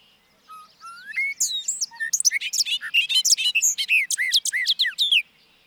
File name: Bobolink